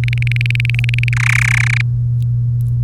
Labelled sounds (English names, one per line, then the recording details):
Domestic Canary song
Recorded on 3 May 2018 at 12:20
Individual llb3